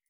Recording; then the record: hydrophone in a shrimp aquaculture tank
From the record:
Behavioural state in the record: feeding